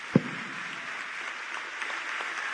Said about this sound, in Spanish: Fuertes aplausos, porque para la Argentina la 13ª edición de la Bienal de Arquitectura de Venecia, que tendrá lugar del 29 de agosto al 25 de noviembre, tiene un carácter excepcional